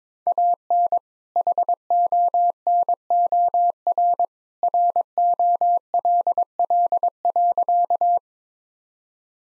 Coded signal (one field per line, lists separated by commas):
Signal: Morse code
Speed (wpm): 22 wpm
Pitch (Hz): 700 Hz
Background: none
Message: AN HONOR ROLL.